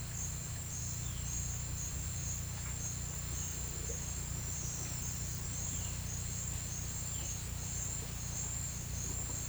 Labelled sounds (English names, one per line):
none